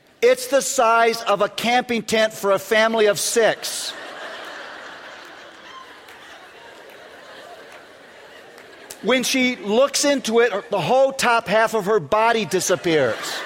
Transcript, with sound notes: It's the size of a camping tent for a family of six. (laughter) When she looks into it, the whole top half of her body disappears.